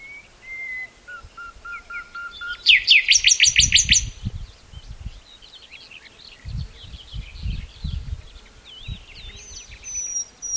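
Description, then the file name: Common nightingale song: soft drawn-out whistles, then a loud rapid run of repeated notes near the third second, with fainter bird notes after and low rumbling bumps. "Luscinia megarhynchos"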